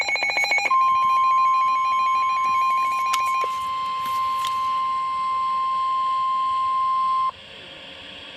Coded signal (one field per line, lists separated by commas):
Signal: Emergency Alert System (SAME) tones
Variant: 1050 Hz attention tone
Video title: EAS #294 - Flash Flood Warning